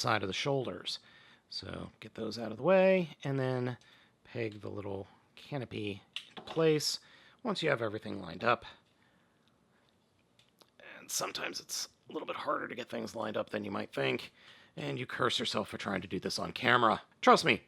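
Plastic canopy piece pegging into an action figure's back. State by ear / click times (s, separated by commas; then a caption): not seated / none. Someone talks while lining up the plastic canopy piece to peg it into the back of a Studio Series 60 Scrapper transforming action figure. Around 9.0 to 10.6 seconds, in a pause in the talk, faint small plastic ticks come from the parts touching. Nothing has seated or clicked into place yet.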